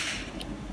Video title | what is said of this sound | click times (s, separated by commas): การต่อเต้ารับและสวิตช์ทางเดียว 1 ตัว | แล้วก็ดันเข้าไปเลยนะครับให้ดังแก๊กนะครับครับ | 0.4 s